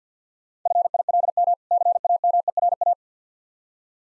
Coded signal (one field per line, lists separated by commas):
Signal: Morse code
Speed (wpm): 50 wpm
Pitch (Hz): 700 Hz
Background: none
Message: FILM CAMERA